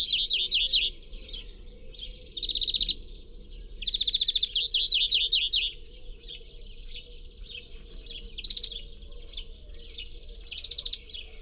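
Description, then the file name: European greenfinch giving bright rapid trills and twitters in bursts, some longer rolling runs, separated by short pauses, with faint background noise. "Chloris chloris"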